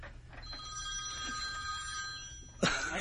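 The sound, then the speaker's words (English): A phone-like alarm rings with a steady, high electronic tone for a couple of seconds, then a sudden burst of louder noise cuts in at the end. “So imagine your alarm goes off and she thinks it's a phone.”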